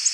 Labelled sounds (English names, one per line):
Tennessee Warbler flight call